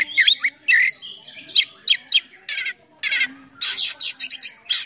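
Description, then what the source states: Oriental magpie-robin mixing whistled downslurs and squeaky notes with harsh, rasping bursts in a lively, uneven sequence. Kacer song in 'gacor full isian mewah' style: a continuous, full song packed with imitations of other sounds.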